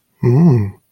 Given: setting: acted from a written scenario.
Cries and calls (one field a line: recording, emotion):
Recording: vocal sound without words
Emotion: desire